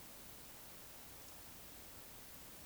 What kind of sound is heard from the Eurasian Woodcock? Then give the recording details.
whistle. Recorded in Baden-Württemberg, Germany, on 20 May 2021 at 19:53 UTC. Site 24606, 635 m above sea level